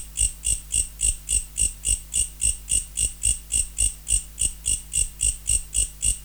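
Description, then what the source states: Mecopoda katydid song, high scratchy pulses repeated evenly around three and a half times a second, with a soft low hum in the background. Recorded in November.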